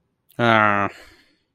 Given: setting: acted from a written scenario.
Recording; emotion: vocal sound without words; contempt